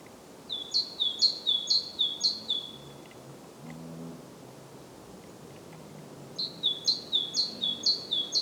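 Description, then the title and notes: Great tit repeating a clear two-note phrase in a run of several, a pause with a faint low sound, then another rhythmic run. Recorded at Głodówka, Žilina Region, Slovakia, with a Zoom F3 recorder and Usi Pro microphones. "Głodówka, Kraj żyliński, Słowacja - Great voice of a great tit. Recordist: Maciej Wirmański"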